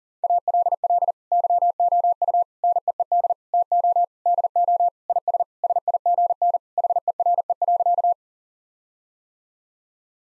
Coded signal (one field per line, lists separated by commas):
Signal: Morse code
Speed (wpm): 40 wpm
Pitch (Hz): 700 Hz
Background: none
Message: ALL YOU NEED TO DO IS SIGN HERE.